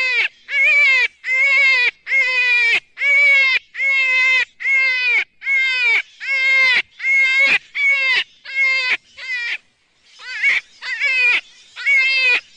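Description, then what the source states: Jackrabbit crying: a steady run of many loud, harmonic, slightly wavering squeals, each about a third to half a second, repeated at a regular pace with one short break. Juvenile.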